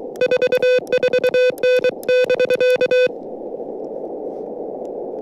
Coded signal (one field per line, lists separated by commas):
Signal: Morse code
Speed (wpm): 23 wpm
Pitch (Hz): 500 Hz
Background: none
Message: 44N <BK>